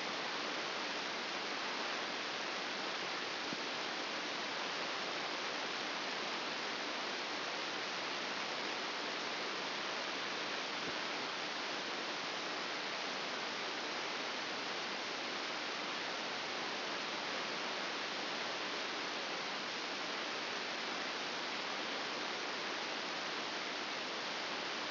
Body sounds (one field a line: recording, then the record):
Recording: brain microelectrode recording played as sound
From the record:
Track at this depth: inside the subthalamic nucleus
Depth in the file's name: 5.462 mm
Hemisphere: left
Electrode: 2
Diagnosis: Parkinson's disease